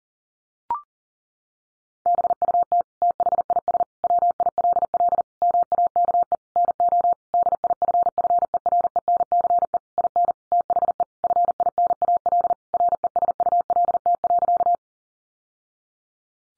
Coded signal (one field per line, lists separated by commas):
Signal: Morse code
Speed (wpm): 40 wpm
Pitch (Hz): 700 Hz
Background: none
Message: BUT THIS WILL MAKE NO DIFFERENCE IN THE FINAL RESULT.